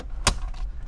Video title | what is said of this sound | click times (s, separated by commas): BMW 2015-2022 745e 740 750 G11 G12 Mirror Tap For Constant Power Wired Radar Detector Dash Cam | it snaps back into place and now this is good to go | 0.3 s